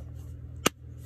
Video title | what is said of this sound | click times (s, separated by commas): Moomin Mini Moominhouse Review | don't know if it clicks in place yes | 0.7 s